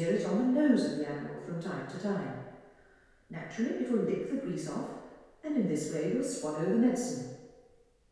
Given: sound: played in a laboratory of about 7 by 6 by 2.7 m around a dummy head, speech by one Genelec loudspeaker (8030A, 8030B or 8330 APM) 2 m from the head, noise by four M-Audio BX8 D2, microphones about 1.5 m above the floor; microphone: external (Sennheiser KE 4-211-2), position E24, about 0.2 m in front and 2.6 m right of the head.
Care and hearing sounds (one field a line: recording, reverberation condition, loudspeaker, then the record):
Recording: female speech in English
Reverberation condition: high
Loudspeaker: 150 degrees to the left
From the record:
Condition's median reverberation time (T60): about 1300 ms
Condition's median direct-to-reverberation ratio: about -4.0 dB